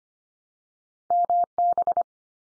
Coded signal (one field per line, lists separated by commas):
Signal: Morse code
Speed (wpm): 25 wpm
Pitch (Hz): 700 Hz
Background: none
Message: MB